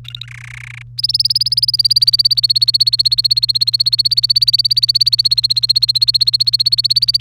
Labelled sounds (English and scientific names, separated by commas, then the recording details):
Domestic Canary (Serinus canaria) song
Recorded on 1 May 2018 at 13:23
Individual llb3